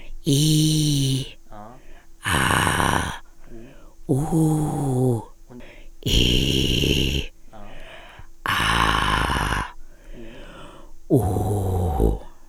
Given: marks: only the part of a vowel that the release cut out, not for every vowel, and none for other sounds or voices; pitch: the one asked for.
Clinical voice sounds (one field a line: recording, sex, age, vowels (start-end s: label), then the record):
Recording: sustained vowels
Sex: female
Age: 50 to 59 years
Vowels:
0.40-0.95 s: vowel /i/, high pitch
2.38-2.94 s: vowel /a/, high pitch
4.34-4.85 s: vowel /u/, high pitch
6.20-7.05 s: vowel /i/, low pitch
8.66-9.38 s: vowel /a/, low pitch
11.21-11.96 s: vowel /u/, low pitch
From the record:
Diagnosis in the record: ventricular fold phonation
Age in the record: 55 years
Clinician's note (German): Angebahnte Form